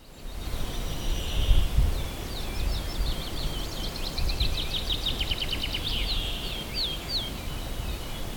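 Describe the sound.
Brambling song, a harsh wheezing buzz given twice, overlapped by another songbird's rapid twittering phrases, against constant low background rumble.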